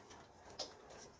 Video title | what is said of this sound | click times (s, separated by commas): Banggood Single Axis DRO Review | plastic cover snaps into place | 0.6 s